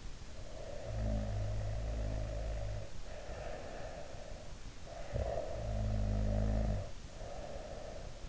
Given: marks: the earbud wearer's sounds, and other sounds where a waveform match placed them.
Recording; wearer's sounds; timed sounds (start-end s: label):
sounds in sleep by an in-ear microphone; snoring breath
0.37-4.52 s: snoring breath
4.82-8.28 s: snoring breath